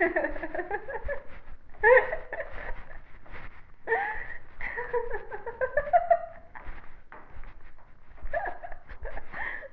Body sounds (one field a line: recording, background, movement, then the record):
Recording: laughter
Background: quiet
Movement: walking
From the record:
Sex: female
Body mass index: 18.3 kg/m2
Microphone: on the chest, facing the body